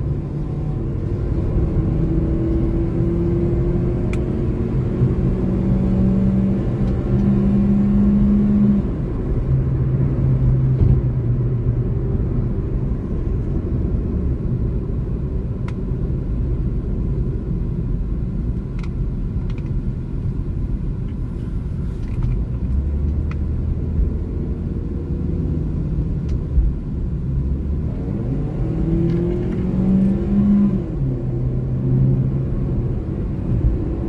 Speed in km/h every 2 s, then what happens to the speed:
79, 86, 94, 101, 104, 90, 63, 48, 37, 30, 28, 30, 39, 40, 54, 63, 72.
0-8 speeds up to 104. 8-20 brakes to 28. 20-34 speeds up to 72.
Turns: none.